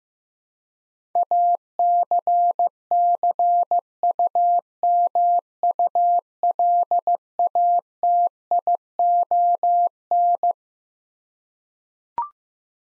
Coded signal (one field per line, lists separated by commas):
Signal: Morse code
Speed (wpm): 16 wpm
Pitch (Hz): 700 Hz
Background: none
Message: ACCUMULATION